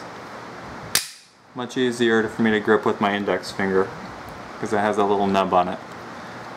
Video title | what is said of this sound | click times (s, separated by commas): Glock 23 Gen 3 upgrades! Part 2 (Nubbed slide release) | make sure our works pull it back it locks in place | 0.9 s